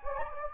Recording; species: mosquito wingbeat signal from an infrared sensor; Anopheles gambiae